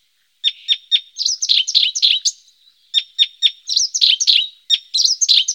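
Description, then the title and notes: Icterine warbler pouring out rapid, varied twittering with sharp ticks and slurred notes, a short pause midway before the song resumes. Recorded in Germany, Austria or Switzerland. "Gelbspätter. Sounds of birds from Germany, Austria, Switzerland"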